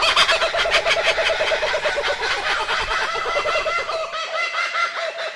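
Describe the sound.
Kookaburra laughing call, loud rolling hoots and rapid chuckles.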